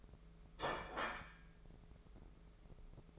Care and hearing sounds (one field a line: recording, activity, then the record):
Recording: daily activity, microphone in the room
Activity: place plate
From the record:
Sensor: 5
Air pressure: 1015.1 hPa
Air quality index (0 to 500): 207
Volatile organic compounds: 11 ppm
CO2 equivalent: 2277 ppm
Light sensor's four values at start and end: 74/173/73/80 and 71/166/70/76